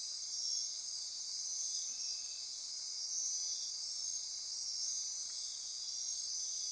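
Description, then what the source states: Shrill insect chorus forming a constant high trilling backdrop, with faint irregular pulses beneath. Insect chorus recorded at midnight near Corcovado.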